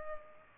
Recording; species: mosquito wingbeat signal from an infrared sensor; Culex pipiens